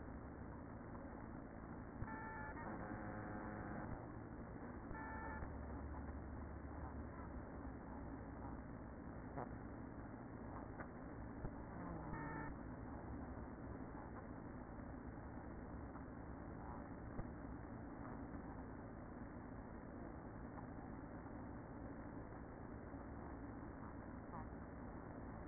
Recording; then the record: honeybee colony, microphone inside the hive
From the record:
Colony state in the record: queen present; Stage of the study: after two queens were removed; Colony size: about 60,000 bees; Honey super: yes